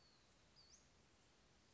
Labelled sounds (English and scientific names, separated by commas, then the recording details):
Western Flycatcher (Empidonax difficilis)
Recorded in Sonoma County, California